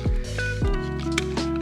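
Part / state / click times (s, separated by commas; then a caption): keyed component pushed into its mating housing / seated / 1.2 s. During reassembly, a one-way keyed part with a large hole that must face the right way is shoved into its mating housing and lined up, with music playing in the background. A short, sharp click at 1.2 s marks the part seating, and softer bumps can be heard around it. The part is confirmed clicked into place.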